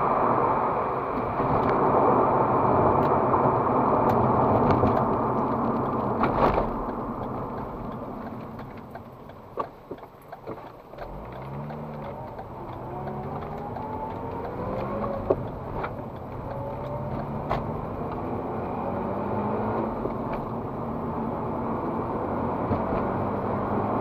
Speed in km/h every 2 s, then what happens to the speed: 92, 88, 74, 49, 21, 0, 11, 19, 25, 35, 41, 48.
0-10 brakes to 0. 11-24 pulls away to 48.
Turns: 11-15.